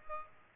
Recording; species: mosquito wingbeat signal from an infrared sensor; Aedes aegypti